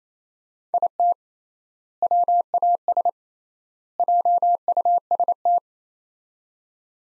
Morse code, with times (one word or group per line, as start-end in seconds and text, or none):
0.7-1.1 IT
2.0-3.1 WAS
4.0-5.6 JUST